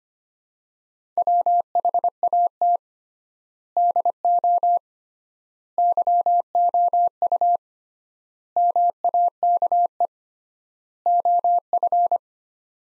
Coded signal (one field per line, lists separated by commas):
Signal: Morse code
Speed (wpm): 25 wpm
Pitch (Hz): 700 Hz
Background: none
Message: WHAT DO YOU MAKE OF